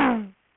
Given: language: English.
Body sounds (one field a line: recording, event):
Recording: throat vibration sensor signal played as sound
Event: throat clearing